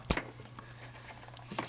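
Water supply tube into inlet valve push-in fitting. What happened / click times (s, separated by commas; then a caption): The plastic tube snapped into the push-in fitting / 1.6 s. A black plastic water supply tube is pushed into the push-to-connect fitting on an ice maker's water inlet valve, with a steady low hum underneath and a few faint clicks and rustles. A sharp snap at 1.6 s marks the tube seating in the fitting, and it holds when tug-tested.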